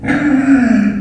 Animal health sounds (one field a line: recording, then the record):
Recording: squeal of a Yucatan mini pig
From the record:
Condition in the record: after surgery on the right vocal fold (resection and tissue-engineered implant)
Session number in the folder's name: 3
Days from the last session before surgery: 21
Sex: female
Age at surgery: 19 weeks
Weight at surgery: 25 kg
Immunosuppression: prednisolone